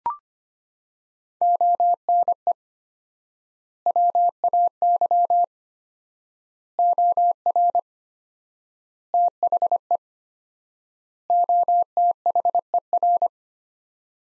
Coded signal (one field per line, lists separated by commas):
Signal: Morse code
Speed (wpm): 25 wpm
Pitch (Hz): 700 Hz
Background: none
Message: ONE WAY OR THE OTHER